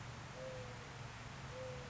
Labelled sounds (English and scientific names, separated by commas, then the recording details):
Mourning Dove (Zenaida macroura)
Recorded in Sonoma County, California